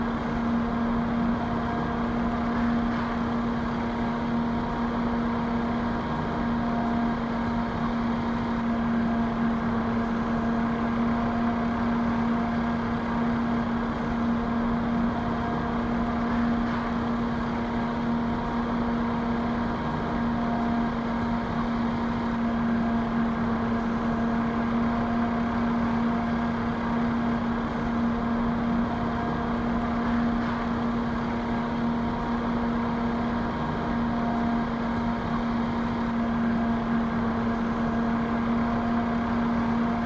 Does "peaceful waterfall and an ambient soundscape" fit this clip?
no